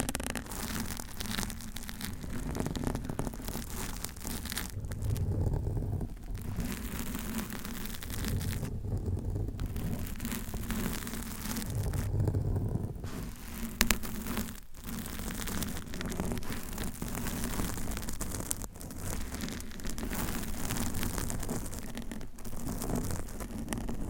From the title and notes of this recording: ASMR Mic Scratching - Brain Scratching with Long Nails BRAIN MELTING!